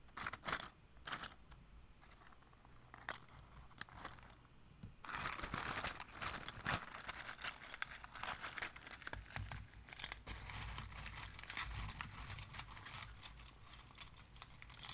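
Wooden matches and glass rattle and clatter in a quick, irregular series of sharp clicks and knocks. The first five seconds are sparser, with separate taps; after that the knocking grows denser and busier, a steady jumble of bright clinks with a low rumble beneath.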